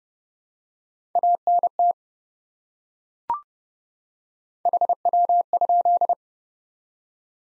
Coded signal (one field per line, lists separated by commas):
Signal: Morse code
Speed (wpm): 30 wpm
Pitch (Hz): 700 Hz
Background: none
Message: ANT HW?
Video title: Top 20 QSO Elements 30wpm